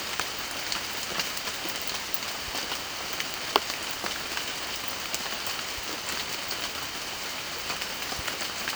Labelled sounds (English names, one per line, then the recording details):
none
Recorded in pastures near Puerto Asís, Putumayo, Colombia, on 30 June 2025 at 16:00
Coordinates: 0.502, -76.324
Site G010